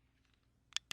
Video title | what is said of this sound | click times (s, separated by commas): NA - RI Training 3 - Copper Testing & Termination | or by simply depressing the latch with your finger from the back | 0.8 s, 0.9 s